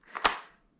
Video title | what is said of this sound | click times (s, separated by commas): Joie Finiti Flex 2 in 1 Signature Pushchair Review - BuggyBaby Reviews | and then it will click in | 0.3 s